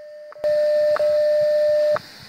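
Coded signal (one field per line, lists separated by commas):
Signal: radio time signal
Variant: WWVH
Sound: steady mid-pitch tone broken by sharp ticks once per second, 2 ticks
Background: radio static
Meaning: The ticks mark each passing second over a standard audio tone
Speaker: se encuentra una de las estaciones de radio más conocida por sus siglas como WWBH.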